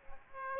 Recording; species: mosquito wingbeat signal from an infrared sensor; Aedes aegypti